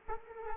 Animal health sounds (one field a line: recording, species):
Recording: mosquito wingbeat signal from an infrared sensor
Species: Culex quinquefasciatus